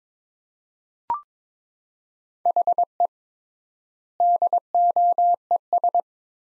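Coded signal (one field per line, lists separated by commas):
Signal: Morse code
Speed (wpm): 22 wpm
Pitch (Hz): 700 Hz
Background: none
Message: HE DOES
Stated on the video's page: Morse practice at 22 wpm: sets of five words with 3x standard word spacing, a word-level Farnsworth-style method; each set is sent, spoken, then sent again.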